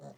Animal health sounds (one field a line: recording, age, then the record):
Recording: pig call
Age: piglet (1 to 25 days)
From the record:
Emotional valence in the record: negative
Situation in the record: short isolation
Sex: female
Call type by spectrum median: low-frequency call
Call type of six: low-frequency stable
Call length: 0.18 s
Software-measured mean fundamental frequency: 69 Hz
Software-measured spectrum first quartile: 187 Hz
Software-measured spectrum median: 449 Hz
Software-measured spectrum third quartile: 725 Hz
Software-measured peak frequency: 574 Hz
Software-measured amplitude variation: 116 dB a second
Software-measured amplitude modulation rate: 8.3 a second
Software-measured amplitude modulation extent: 14.0 dB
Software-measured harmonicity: -0.6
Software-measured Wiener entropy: 0.21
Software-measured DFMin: 1231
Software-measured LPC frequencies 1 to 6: 634, 1662, 4209, 5883, 7029, 8278 Hz